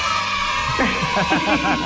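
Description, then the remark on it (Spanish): A group of children from San Ildefonso cheer and whoop in an ovation over a steady wash of clapping, the high overlapping shouts swelling in after a brief moment and continuing loudly to the end. “Y además me he traído los niños de San Ildefonso que te quieren dar aquí una ovación, mira.”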